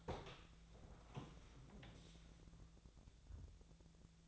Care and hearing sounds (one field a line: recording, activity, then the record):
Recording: daily activity, microphone in the room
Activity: open door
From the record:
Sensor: 3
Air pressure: 1000.5 hPa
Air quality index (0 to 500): 177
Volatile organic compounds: 4 ppm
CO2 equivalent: 1541 ppm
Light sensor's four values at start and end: 14/34/15/15 and 14/35/15/15